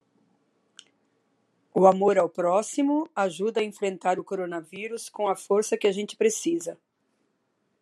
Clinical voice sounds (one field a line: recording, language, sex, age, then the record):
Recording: spoken sentence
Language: Brazilian Portuguese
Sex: female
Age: 60 to 69 years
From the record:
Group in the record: control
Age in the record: 60 years